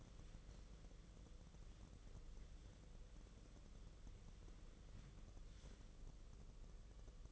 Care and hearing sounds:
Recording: daily activity, microphone in the room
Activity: wipe stove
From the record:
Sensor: 4

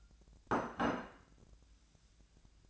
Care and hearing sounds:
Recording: daily activity, microphone in the room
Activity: place plate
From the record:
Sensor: 2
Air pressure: 1000.0 hPa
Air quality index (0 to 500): 133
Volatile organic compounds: 2 ppm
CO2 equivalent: 1137 ppm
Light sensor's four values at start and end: 25/62/26/29 and 25/62/26/29

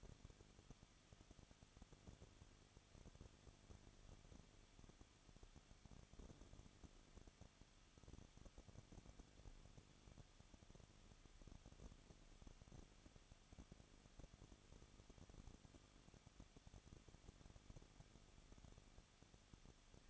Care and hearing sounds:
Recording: daily activity, microphone in the room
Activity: no activity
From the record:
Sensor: 4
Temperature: 23.0 degrees Celsius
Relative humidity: 34.4%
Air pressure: 1007.3 hPa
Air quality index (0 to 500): 217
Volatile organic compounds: 15 ppm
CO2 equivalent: 2512 ppm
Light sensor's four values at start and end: 2/3/1/1 and 2/3/1/1

